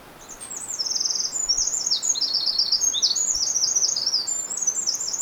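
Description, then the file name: Eurasian wren singing a continuous, energetic cascade of shrill trills and sharp twittering notes throughout, with soft background noise. "Troglodytes troglodytes"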